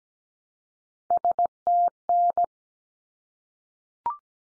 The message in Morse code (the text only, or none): STN